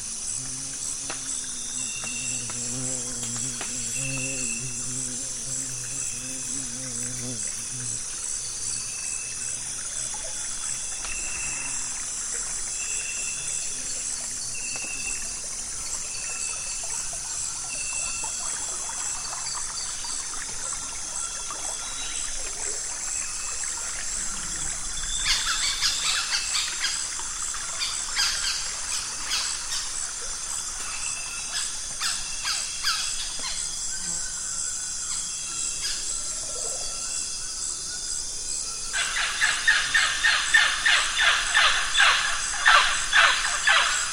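Nightfall on the Zabalo River in Ecuador, filled with a steady, dense shrill of insects holding high bright tones throughout. In the first eight seconds low warbling calls rise and fall beneath them, and bursts of louder crackling chatter swell around 25 and again from 39 seconds.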